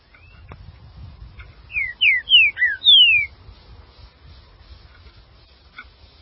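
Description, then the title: Green-winged saltator: a short phrase of about five loud, downslurred whistles in quick succession over a soft low rumble. "Trinca Ferro"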